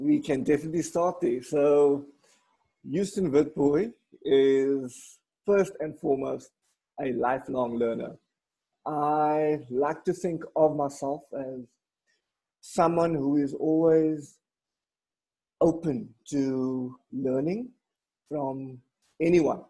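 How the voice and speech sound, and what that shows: Mostly fluent adult male speech with stretched vowels and long mid-phrase pauses: mild stuttering in a man from Cape Town, South Africa, who has stuttered for almost all of his life and has spent a couple of years in a program run by people who stutter.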